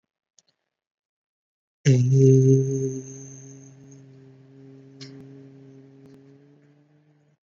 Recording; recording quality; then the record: sustained vowel as in made; excellent, no background noise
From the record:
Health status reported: recovered from COVID-19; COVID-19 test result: negative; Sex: male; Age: 24 years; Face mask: worn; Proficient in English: yes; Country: India